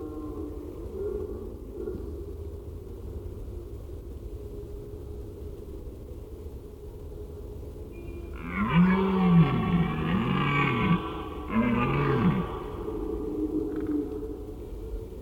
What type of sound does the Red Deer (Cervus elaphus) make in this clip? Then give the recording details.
call. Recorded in the wild. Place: Schorfheide, Brandenburg, DE. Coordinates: 52.907, 13.531. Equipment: Nagra III BH, Sennheiser MD 21, parabola. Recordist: Schubert, Michael